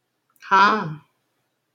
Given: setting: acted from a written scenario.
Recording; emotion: vocal sound without words; romantic love